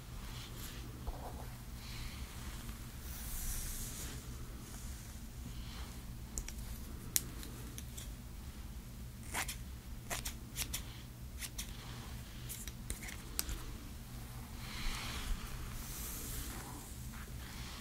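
Hair styling with scissors: a steady low hum runs throughout beneath sharp, bright snips and clicks that come irregularly, several per few seconds, clustering between about 9 and 14 seconds. Soft hissy swishes, like brushing or handling hair, rise around 3 and 16 seconds.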